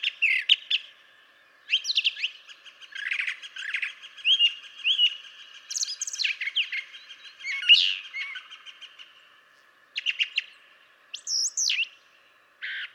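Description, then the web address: Brown Thrasher song, a long run of varied harsh and whistled phrases with brief gaps. "birdsongforthecurious Brown Thrasher"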